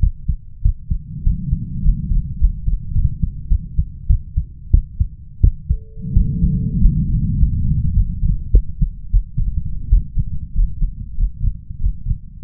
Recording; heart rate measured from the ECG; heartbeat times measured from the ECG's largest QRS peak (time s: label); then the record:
heart sounds by stethoscope; 96 bpm
0.61 s: heartbeat
1.23 s: heartbeat
1.81 s: heartbeat
2.37 s: heartbeat
2.92 s: heartbeat
3.48 s: heartbeat
4.06 s: heartbeat
4.70 s: heartbeat
5.40 s: heartbeat
6.13 s: heartbeat
6.78 s: heartbeat
7.38 s: heartbeat
7.93 s: heartbeat
8.50 s: heartbeat
9.10 s: heartbeat
9.88 s: heartbeat
10.53 s: heartbeat
11.15 s: heartbeat
11.78 s: heartbeat
12.43 s: heartbeat
From the record:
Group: healthy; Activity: rest 0-5 s, breath hold 5-12 s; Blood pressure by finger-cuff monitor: 133/91 mmHg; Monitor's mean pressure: 104 mmHg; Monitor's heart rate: 96 bpm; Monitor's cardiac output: 6.6 L/min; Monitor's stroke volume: 70 mL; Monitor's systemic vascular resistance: 1140 dyn s/cm5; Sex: male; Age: 21 years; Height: 180 cm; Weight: 67.5 kg